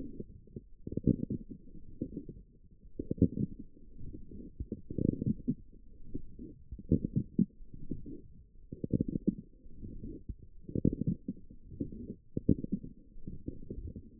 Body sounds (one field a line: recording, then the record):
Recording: forearm muscle sounds (acoustic myography)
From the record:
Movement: forearm pronation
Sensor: system 1, eight BSWA MPA416 microphones around the upper forearm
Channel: 1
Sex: female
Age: 20 years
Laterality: right